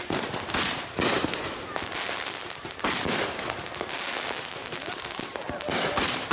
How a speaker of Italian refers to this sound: Beh, avete sentito un audio di fuochi d'artificio, sono già cominciati barbecue, parate, fuochi d'artificio, appunto.